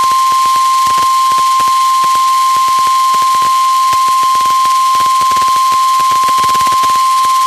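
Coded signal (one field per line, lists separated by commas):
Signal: Emergency Alert System (SAME) tones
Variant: 1050 Hz attention tone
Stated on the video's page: NOAA Weather Radio weekly tests from stations at Reynoldsville and Clearfield.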